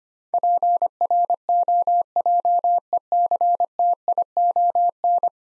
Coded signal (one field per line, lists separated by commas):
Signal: Morse code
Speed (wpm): 25 wpm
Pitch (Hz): 700 Hz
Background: none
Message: PROJECTION